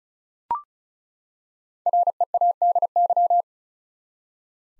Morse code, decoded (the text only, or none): READY